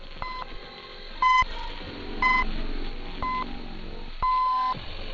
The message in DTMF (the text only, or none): none